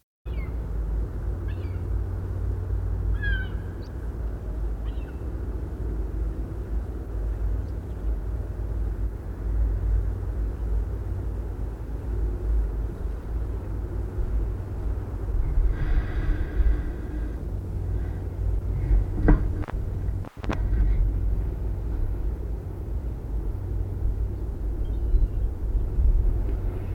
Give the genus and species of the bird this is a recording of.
Larus argentatus